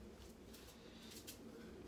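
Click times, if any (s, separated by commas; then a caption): none. A steel folding support bracket on the wooden leg of a homemade spray-paint table is handled as it swings open, with only faint, soft rustling and scraping over a low steady background. Nothing has seated or clicked into place yet.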